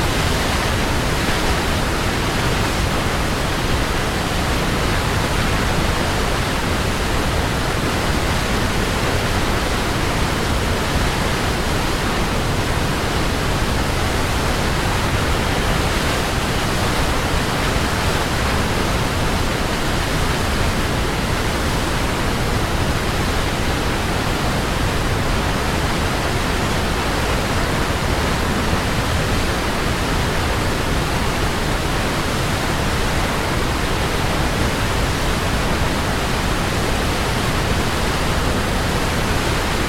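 A waterfall pours in a continuous, dense roar of splashing and spilling water, full. The rushing wash fills everything from deep rumble to bright hiss and holds an even loudness for the whole stretch, with no separate events or other sounds standing out.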